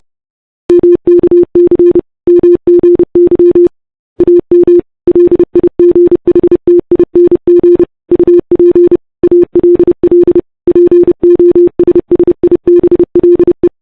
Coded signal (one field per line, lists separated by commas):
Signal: Morse code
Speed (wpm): 30 wpm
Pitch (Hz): 350 Hz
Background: none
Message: MKC MGY AM LIGHTING UP ALL POSSIBLE